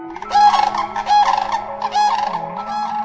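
Sandhill crane calls: loud rolling, rattling bursts, several in a row.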